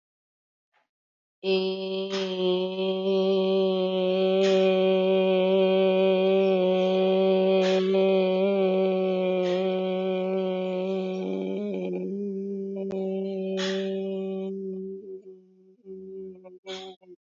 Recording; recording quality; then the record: sustained vowel as in made; excellent, no background noise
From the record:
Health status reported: healthy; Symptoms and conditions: diabetes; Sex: female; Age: 51 years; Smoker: not ticked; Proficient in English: yes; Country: India